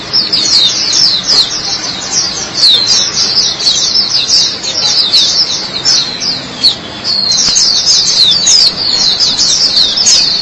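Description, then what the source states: White-eye song: fast, high chattering twitter of sliding notes, briefly easing around the middle before resuming strongly. Chirping song.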